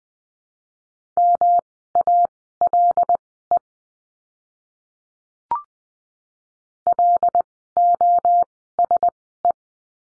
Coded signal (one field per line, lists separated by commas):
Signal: Morse code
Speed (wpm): 20 wpm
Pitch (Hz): 700 Hz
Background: none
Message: MALE LOSE